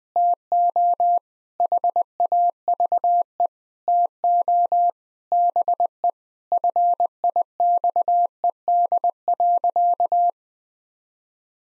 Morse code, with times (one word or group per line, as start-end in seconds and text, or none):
0.2-1.2 TO
1.6-3.5 HAVE
3.9-4.9 TO
5.3-6.1 BE
6.5-10.3 FIXED.